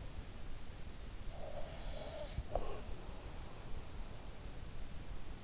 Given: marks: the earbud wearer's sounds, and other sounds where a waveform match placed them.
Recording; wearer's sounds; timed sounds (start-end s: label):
sounds in sleep by an in-ear microphone; breath
0.84-3.35 s: breath